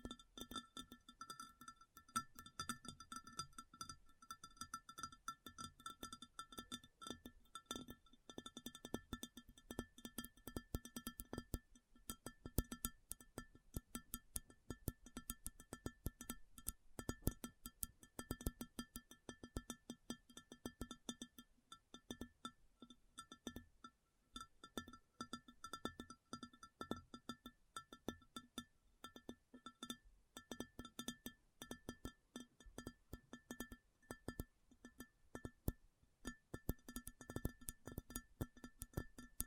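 Rapid, dense tapping runs through the whole clip as a constant stream of short, crisp clicks with almost no pauses. A low thump sits under each tap, and a few steady ringing tones hold beneath the clatter throughout.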